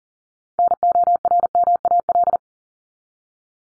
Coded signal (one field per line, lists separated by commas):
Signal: Morse code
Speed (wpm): 40 wpm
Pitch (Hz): 700 Hz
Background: none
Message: NORMAL